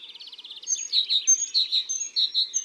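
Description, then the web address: Great tit two-note phrases repeated after a quick opening trill. "la mesange charbonniere. cuicui et compagnie"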